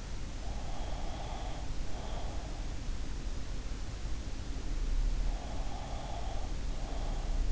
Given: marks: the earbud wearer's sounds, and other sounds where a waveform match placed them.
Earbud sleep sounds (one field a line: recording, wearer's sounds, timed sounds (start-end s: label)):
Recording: sounds in sleep by an in-ear microphone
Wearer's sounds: breath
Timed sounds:
0.42-2.71 s: breath
5.33-7.52 s: breath